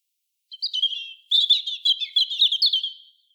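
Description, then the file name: European robin song, a sweet high warble. Opening notes pause briefly, then a long liquid run of rapid notes ends on a thin, fading tone. "Erithacus rubecula"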